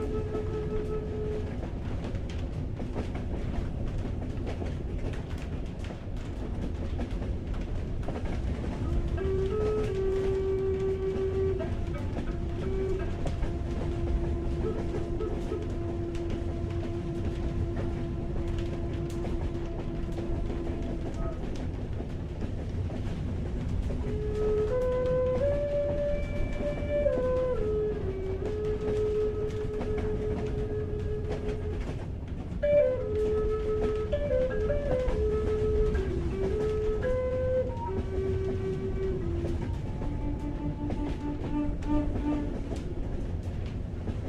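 A train ride at night, carrying a steady low rumble and hiss from start to finish. Over it, tonal whines rise and fall in pitch, holding around 10–20 seconds and returning in stepped runs near 25 and 33–38 seconds, like motors changing speed.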